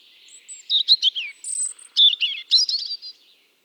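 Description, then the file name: European robin singing a quick, varied phrase of high thin whistles, sliding trills and sharp tinkling notes, rising and falling without pause. "Erithacus rubecula"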